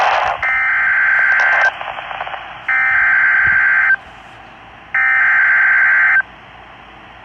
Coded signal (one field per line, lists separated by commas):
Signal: Emergency Alert System (SAME) tones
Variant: header bursts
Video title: PBZ SVR EAS 4